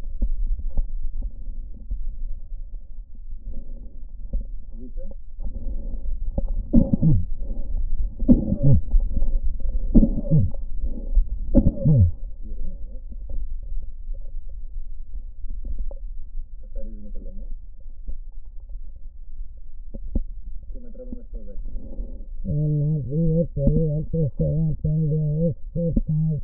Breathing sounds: lung sounds by stethoscope; right posterior basal chest; quiet breathing, then cough and speech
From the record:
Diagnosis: COPD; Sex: female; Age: 80 years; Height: 160 cm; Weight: 62 kg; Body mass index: 24.2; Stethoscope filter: diaphragm mode

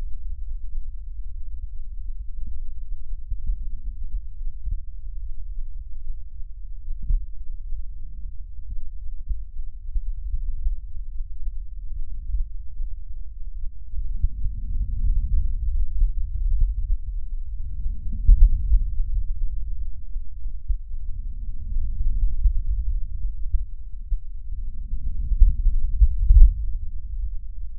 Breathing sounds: lung sounds by stethoscope; left posterior apical chest; quiet breathing, then deep breathing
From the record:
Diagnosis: pulmonary infection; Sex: male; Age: 86 years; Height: 165 cm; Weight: 65 kg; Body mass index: 23.9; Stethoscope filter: bell mode

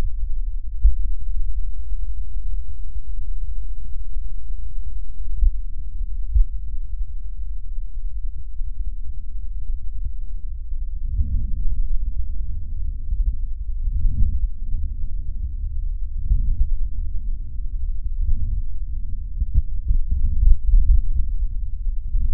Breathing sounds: lung sounds by stethoscope; left posterior apical chest; quiet breathing, then deep breathing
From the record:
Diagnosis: interstitial lung disease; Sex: male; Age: 82 years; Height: 158 cm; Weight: 49 kg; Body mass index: 19.6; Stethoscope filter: bell mode

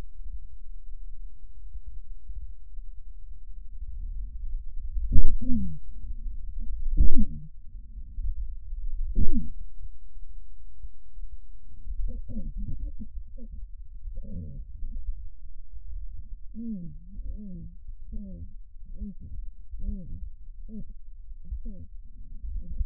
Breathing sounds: lung sounds by stethoscope; left posterior apical chest; quiet breathing, then cough and speech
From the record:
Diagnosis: interstitial lung disease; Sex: female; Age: 72 years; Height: 153 cm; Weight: 71 kg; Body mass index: 30.3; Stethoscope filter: bell mode

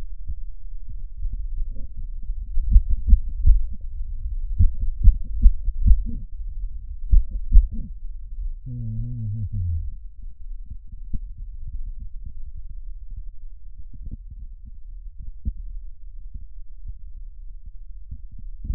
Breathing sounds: lung sounds by stethoscope; right anterior apical chest; quiet breathing, then cough and speech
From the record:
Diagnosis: COPD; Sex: male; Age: 70 years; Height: 183 cm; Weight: 116 kg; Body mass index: 34.6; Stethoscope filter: bell mode

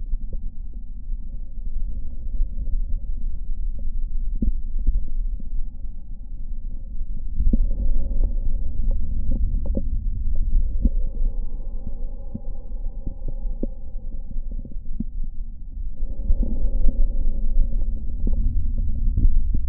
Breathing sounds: lung sounds by stethoscope; left anterior apical chest; quiet breathing, then deep breathing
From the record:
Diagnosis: COPD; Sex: male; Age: 60 years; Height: 171 cm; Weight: 59.4 kg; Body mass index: 20.3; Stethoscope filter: diaphragm mode

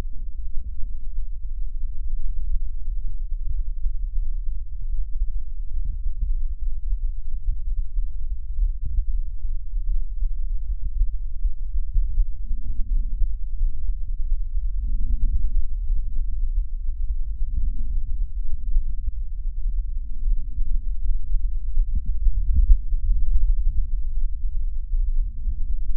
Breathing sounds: lung sounds by stethoscope; left posterior apical chest; quiet breathing, then deep breathing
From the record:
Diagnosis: none (healthy); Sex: male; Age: 29 years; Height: 180 cm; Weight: 100 kg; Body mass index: 30.9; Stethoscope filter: bell mode

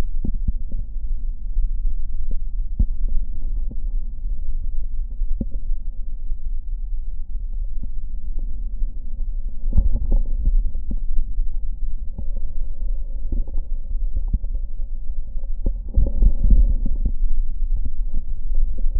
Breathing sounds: lung sounds by stethoscope; left posterior basal chest; quiet breathing, then deep breathing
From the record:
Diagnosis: COPD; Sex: female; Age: 65 years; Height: 156 cm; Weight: 63.9 kg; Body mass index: 26.3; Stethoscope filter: diaphragm mode

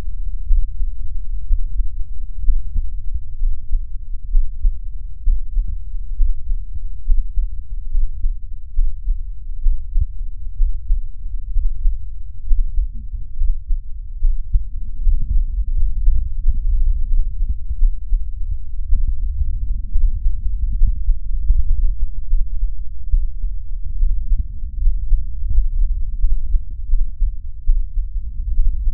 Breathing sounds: lung sounds by stethoscope; right anterior apical chest; quiet breathing, then deep breathing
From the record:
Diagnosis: none (healthy); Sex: male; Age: 30 years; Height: 190 cm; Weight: 88 kg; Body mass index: 24.4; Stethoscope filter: bell mode

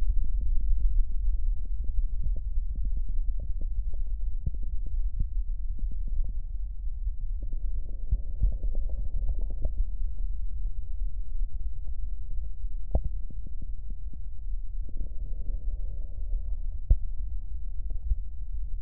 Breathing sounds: lung sounds by stethoscope; left posterior basal chest; quiet breathing, then deep breathing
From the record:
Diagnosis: asthma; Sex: female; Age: 65 years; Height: 157 cm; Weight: 70.2 kg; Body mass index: 28.5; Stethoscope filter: extended mode

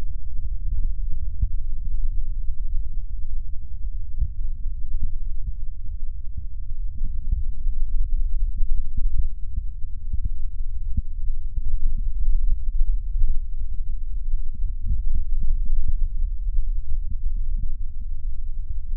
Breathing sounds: lung sounds by stethoscope; left posterior basal chest; quiet breathing, then deep breathing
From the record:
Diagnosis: COPD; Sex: male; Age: 69 years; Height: 162 cm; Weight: 124.8 kg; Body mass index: 47.6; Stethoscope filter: bell mode

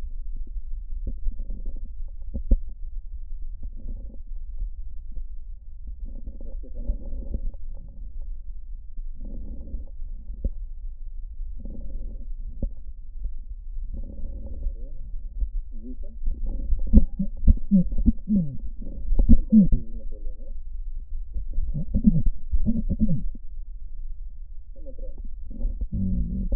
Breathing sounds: lung sounds by stethoscope; right posterior basal chest; quiet breathing, then cough and speech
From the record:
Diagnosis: COPD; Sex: female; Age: 72 years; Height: 156 cm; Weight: 72 kg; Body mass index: 29.6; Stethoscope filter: diaphragm mode

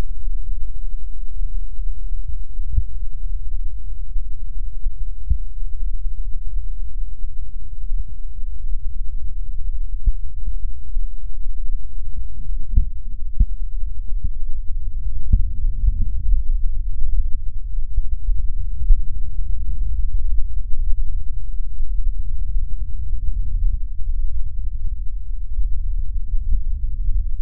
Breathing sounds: lung sounds by stethoscope; right posterior basal chest; quiet breathing, then deep breathing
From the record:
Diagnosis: none (healthy); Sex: male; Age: 60 years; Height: 190 cm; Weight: 150 kg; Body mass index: 41.6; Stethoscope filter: bell mode

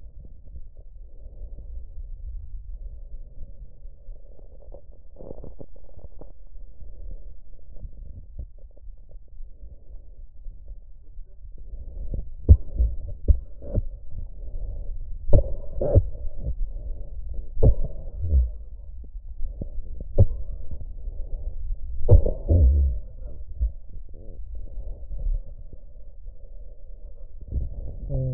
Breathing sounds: lung sounds by stethoscope; left anterior apical chest; quiet breathing, then cough and speech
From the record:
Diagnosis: pulmonary infection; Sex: male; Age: 69 years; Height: 184 cm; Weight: 115 kg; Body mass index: 34.0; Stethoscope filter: extended mode

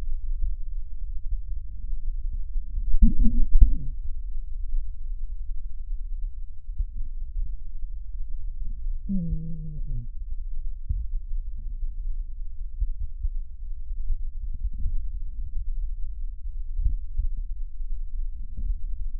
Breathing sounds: lung sounds by stethoscope; left posterior basal chest; quiet breathing, then cough and speech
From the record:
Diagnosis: COPD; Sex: male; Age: 65 years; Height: 162 cm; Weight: 67.8 kg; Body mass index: 25.8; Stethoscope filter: bell mode

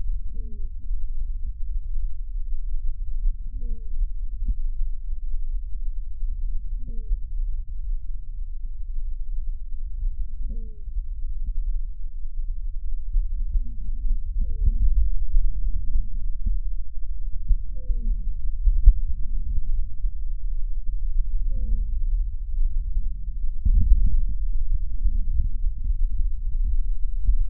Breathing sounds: lung sounds by stethoscope; right anterior apical chest; quiet breathing, then deep breathing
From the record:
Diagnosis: asthma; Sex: female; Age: 56 years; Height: 161 cm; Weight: 85 kg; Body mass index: 32.8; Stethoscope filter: bell mode

